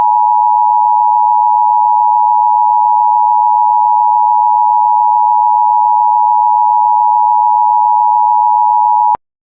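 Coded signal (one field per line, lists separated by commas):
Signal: Emergency Alert System (SAME) tones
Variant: 853 and 960 Hz attention tone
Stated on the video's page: Mock EAS tornado warning, simulated, with computer-generated voice.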